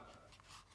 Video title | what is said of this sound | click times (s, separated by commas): Dji mini 3 unboxing and setup - not sponsored | will hear a click, like okay. | 0.4 s